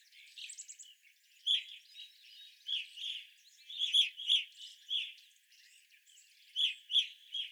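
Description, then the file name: Evening grosbeak flock calls: rapid, harsh chirps and buzzy notes in quick succession. Several evening grosbeaks recorded on 25 April 2021. "2021-04-25 Evening Grosbeaks"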